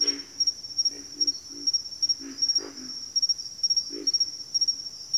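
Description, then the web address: Pig frog giving repeated low, piggy grunts in loose series, while a shrill insect chorus pulses steadily above. Pig frogs calling in a bayou. "Echoes of Nature - Bayou Pig Frogs"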